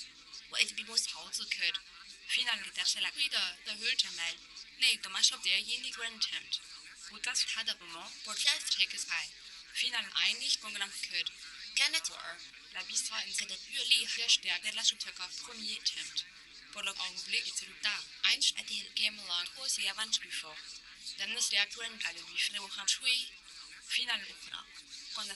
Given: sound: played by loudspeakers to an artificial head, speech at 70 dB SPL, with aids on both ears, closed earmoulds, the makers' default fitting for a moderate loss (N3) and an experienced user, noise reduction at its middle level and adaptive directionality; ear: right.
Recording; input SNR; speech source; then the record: speech test signal (ISTS) in cocktail-party noise; +6 dB; on the right (90 degrees)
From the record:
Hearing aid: class 2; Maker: H